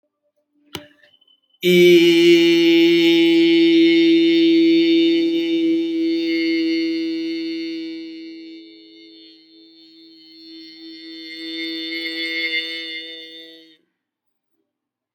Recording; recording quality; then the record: sustained vowel as in beet; excellent, no background noise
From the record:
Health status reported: healthy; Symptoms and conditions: none ticked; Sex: male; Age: 45 years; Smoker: not ticked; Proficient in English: yes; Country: India